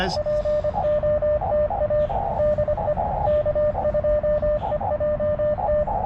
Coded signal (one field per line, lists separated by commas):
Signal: Morse code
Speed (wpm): 25 wpm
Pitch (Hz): 600 Hz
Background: speech, radio noise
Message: POTA DE K2EJT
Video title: Partial POTA at US-4567